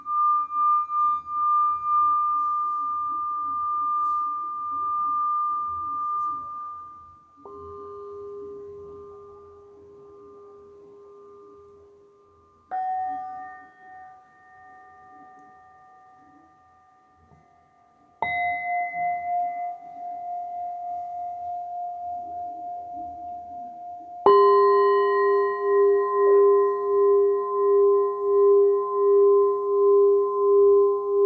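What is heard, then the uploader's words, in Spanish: Singing bowls are struck one after another, about every six seconds, each new tone lower or higher than the last and ringing on with a slow wavering pulse. The strikes come near 0, 7, 13, 18 and 24 seconds, with soft rustling underneath. Toque de cuencos.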